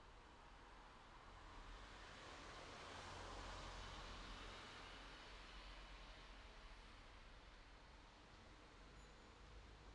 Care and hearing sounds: everyday scene through a hearing-aid microphone; in traffic; traffic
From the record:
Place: city secondary road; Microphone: in the ear canal, left

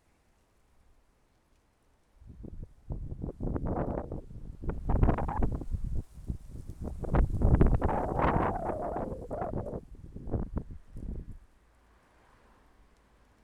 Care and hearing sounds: everyday scene through a hearing-aid microphone; wind on the microphone; wind, traffic, birds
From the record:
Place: suburban garden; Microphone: behind the ear, left, rear

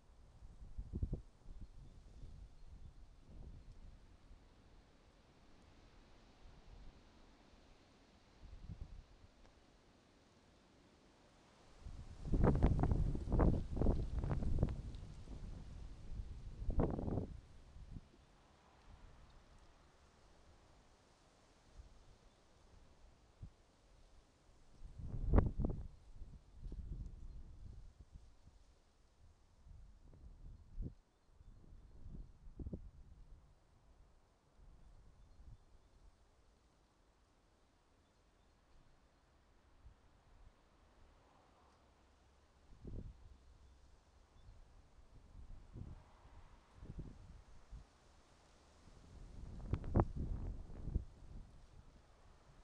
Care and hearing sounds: everyday scene through a hearing-aid microphone; wind on the microphone; wind, traffic, birds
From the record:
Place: suburban garden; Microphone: in the ear canal, right

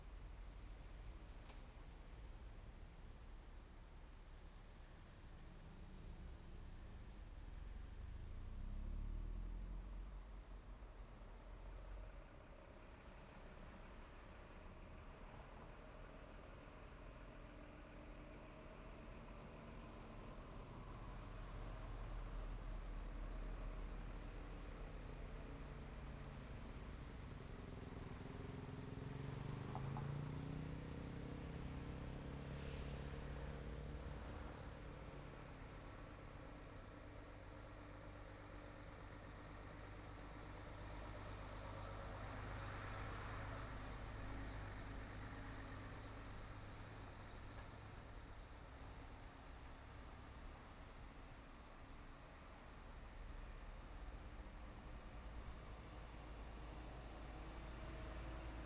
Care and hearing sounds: everyday scene through a hearing-aid microphone; in traffic; traffic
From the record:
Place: main road on the outskirts, rush hour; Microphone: behind the ear, left, front

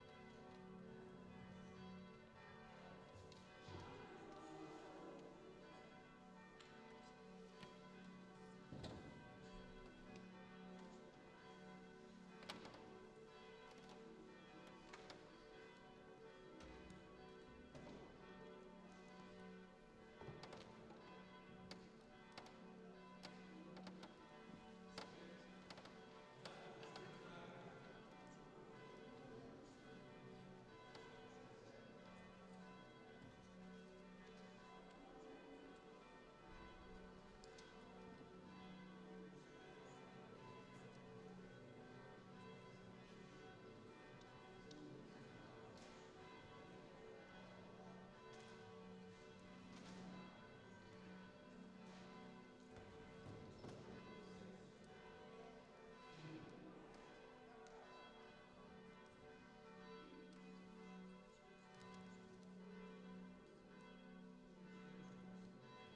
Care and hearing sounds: everyday scene through a hearing-aid microphone; reverberant space; bell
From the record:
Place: church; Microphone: in the ear canal, left

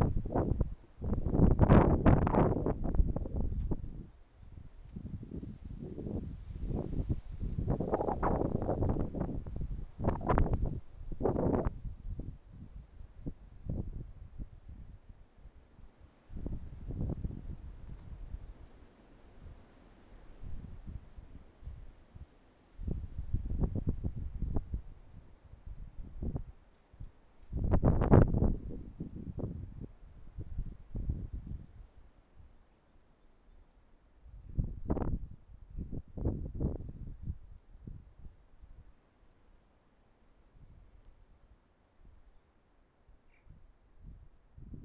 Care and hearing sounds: everyday scene through a hearing-aid microphone; wind on the microphone; wind, traffic, birds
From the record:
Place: suburban garden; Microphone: behind the ear, right, rear

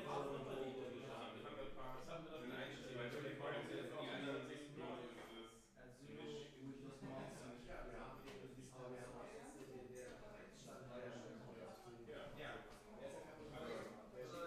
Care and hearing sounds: everyday scene through a hearing-aid microphone; many people talking; many voices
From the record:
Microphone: behind the ear, left, front

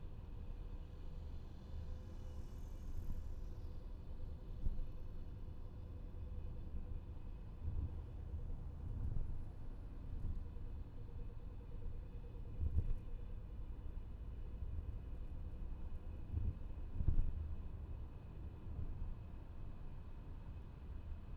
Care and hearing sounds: everyday scene through a hearing-aid microphone; in a vehicle; engine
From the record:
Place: VW T5 Caravelle, diesel engine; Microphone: behind the ear, left, rear

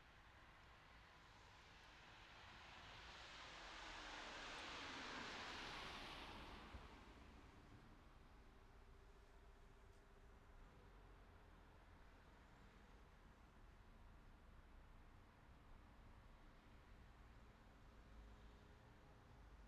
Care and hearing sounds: everyday scene through a hearing-aid microphone; in traffic; traffic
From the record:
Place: city secondary road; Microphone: in the ear canal, left

